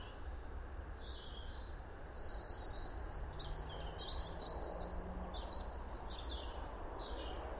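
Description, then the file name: European robin singing a run of high, quick whistled and trilled phrases over a steady low rumble of background noise. "Erithacus rubecula"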